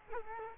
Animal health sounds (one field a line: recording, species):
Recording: mosquito wingbeat signal from an infrared sensor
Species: Culex quinquefasciatus